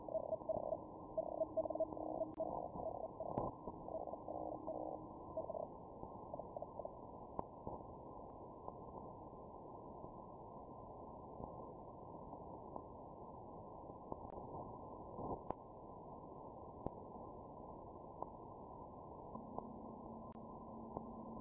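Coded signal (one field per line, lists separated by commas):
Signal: Hellschreiber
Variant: Feld Hell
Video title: feldhell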